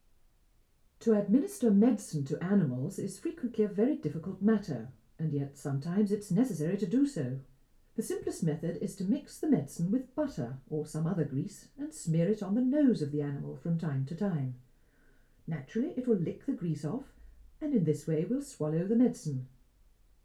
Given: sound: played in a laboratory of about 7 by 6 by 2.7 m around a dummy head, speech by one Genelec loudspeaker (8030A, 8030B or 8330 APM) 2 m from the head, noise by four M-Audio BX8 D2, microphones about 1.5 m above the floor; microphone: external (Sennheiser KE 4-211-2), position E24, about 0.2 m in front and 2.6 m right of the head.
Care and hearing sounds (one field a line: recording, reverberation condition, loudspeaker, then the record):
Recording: female speech in English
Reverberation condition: low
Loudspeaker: 90 degrees to the right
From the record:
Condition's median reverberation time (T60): about 310 ms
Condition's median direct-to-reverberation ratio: about 3.5 dB